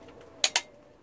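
A torque wrench tightens the next cylinder head bolt on a VW Transporter T4 during a head gasket replacement. Two sharp, bright clicks sound at 0.4 s and 0.6 s over a quiet background. They confirm the wrench has reached torque on that bolt.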